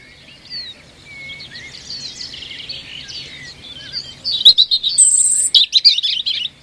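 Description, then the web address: European robin song: quiet soft warbling, then a loud high, sparkling, warbled phrase of rapid thin notes in the last two seconds. "Deverinetal 2025"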